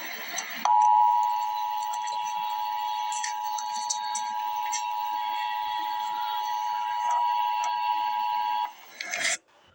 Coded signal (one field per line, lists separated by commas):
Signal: Emergency Alert System (SAME) tones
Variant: 853 and 960 Hz attention tone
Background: speech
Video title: EAS Update - Dense Fog Advisory - Jan 26, 2024 at 5:51 PM EST